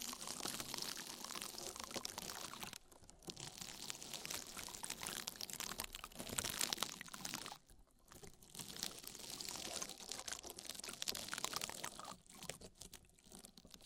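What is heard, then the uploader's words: Wet rubbing and squishing sounds of oil and foam being worked over the ear, crackly and bright with constant fizzing detail. The strokes come in dense bursts separated by brief near-silent pauses around three, eight and twelve seconds. ASMR Oil, Foam and Tingly Ear Massage for Stress Relief (No Talking).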